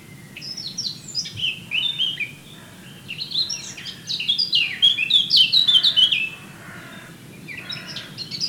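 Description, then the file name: Eurasian blackcap singing a long, fast, chattering warble of varied high notes that swells into a louder burst midway, then softer fragments trailing off; steady low background rumble. "Sylvia atricapilla"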